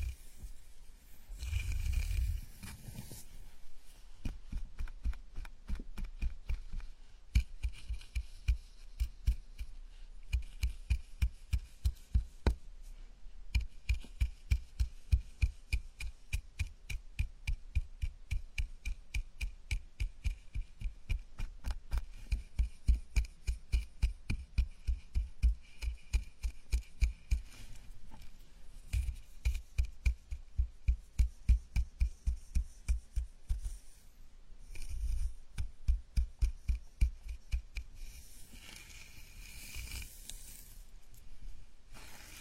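A gentle scalp massage, heard as a long run of quick, crisp crackles and ticks as fingers work through the hair, fairly steady and evenly paced. Short, fuller rubbing bursts stand out near the start, around 35 seconds, and again near the end.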